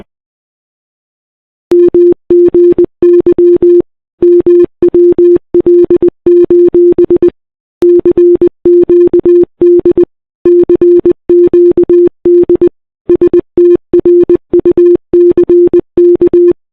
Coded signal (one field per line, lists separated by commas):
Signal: Morse code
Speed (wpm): 20 wpm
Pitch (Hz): 350 Hz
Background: none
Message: MGY MWL: CQD CQD STRUCK